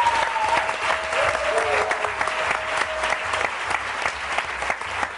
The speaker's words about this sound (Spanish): nuestro compañero Javier Cansada. Un aplauso para él. Bravo.